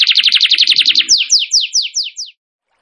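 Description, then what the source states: Bird song: a quick run of high chipping notes, then about six slower downward-slurred whistles before falling silent. A bird singing in the tembakan gacor style; masteran training.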